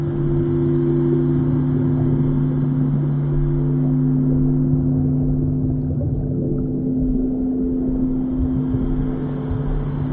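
Singing bowls sustain several steady low tones over a constant deep rumble, with a faint high hiss fading midway and returning near the end.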